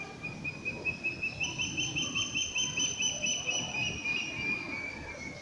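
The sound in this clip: Curlew giving a steady, rapidly pulsed trill at fairly high pitch for several seconds, over a constant rough, rumbling noise background.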